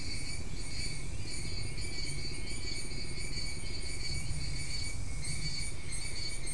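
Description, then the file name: Insects: continuous high-pitched trilling throughout, over a heavy low rumble. "mainly insect"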